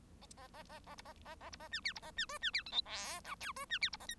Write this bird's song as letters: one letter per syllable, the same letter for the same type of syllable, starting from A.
A A A A B A A A B A C D B A C E C D F G H I J E C D B A K